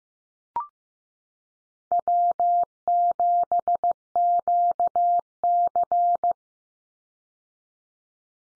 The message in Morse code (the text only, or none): W7QC